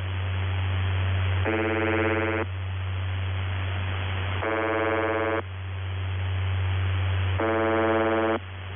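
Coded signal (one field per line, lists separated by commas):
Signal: channel marker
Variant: UVB-76, The Buzzer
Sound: three harsh one-second buzzes, one every three seconds, over hissy static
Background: radio static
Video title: [UVB-76, The Buzzer] Voice Message; 01. March 2021, 12:26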